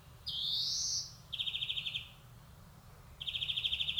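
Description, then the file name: Greenfinch giving a rising, nasal wheeze followed by two quick, mechanical trills. "Chloris chloris"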